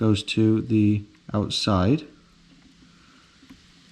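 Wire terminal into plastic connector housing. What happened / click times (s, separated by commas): Handled, not yet home: no seating click from the wire terminal or connector / none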